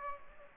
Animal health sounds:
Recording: mosquito wingbeat signal from an infrared sensor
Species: Aedes aegypti

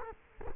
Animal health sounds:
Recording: mosquito wingbeat signal from an infrared sensor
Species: Culex quinquefasciatus

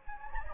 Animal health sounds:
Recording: mosquito wingbeat signal from an infrared sensor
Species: Anopheles gambiae

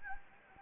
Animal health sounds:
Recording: mosquito wingbeat signal from an infrared sensor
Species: Anopheles gambiae

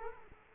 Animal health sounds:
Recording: mosquito wingbeat signal from an infrared sensor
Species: Culex quinquefasciatus

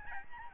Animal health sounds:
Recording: mosquito wingbeat signal from an infrared sensor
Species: Aedes albopictus

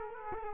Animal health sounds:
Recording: mosquito wingbeat signal from an infrared sensor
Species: Culex quinquefasciatus

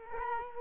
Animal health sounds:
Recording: mosquito wingbeat signal from an infrared sensor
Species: Culex quinquefasciatus

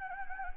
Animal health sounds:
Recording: mosquito wingbeat signal from an infrared sensor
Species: Anopheles gambiae

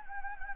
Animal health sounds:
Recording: mosquito wingbeat signal from an infrared sensor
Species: Anopheles gambiae

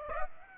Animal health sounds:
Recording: mosquito wingbeat signal from an infrared sensor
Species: Aedes aegypti

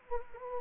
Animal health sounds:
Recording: mosquito wingbeat signal from an infrared sensor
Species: Anopheles gambiae

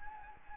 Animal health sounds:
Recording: mosquito wingbeat signal from an infrared sensor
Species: Anopheles gambiae

